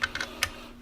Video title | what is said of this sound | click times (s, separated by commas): How To Ruger 1022 Disassembly , How To Wednesday | pop it in okay you're gonna hear a little click in and then | 0.4 s